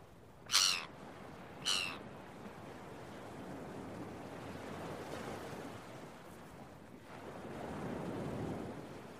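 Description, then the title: Gull uttering two sharp harsh calls about a second apart, followed by waves surging on the shore. Early morning on a beach with waves. "Early Morning Seagulls and Beach Waves"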